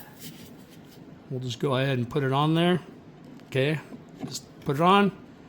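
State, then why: Not seated. A standard gas strut's bottom-end socket is being fitted onto the metal ball stud on the body of a Ford Explorer with a power liftgate. Someone talks throughout over faint background handling noise. Nothing has seated or clicked yet.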